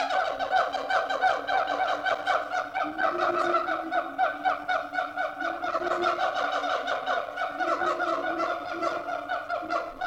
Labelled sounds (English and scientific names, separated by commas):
Siamang (Symphalangus syndactylus)